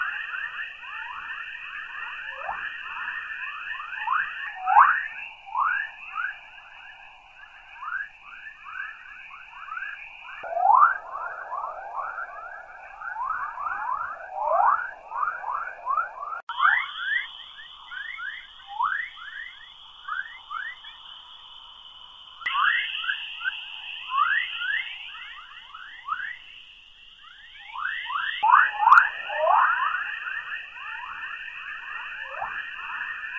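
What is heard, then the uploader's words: Outer space sounds: a steady high whine over dense, rapid falling chirps and zaps, the whine shifting pitch every few seconds. Outer Space Sounds. Soothing sounds from outer space.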